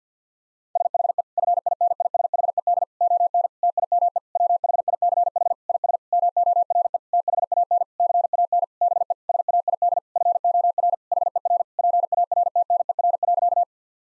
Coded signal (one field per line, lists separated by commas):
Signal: Morse code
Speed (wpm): 50 wpm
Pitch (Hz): 700 Hz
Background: none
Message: SHE FINISHED ON TIME WHICH IS MORE THAN CAN BE SAID FOR HER PARTNER.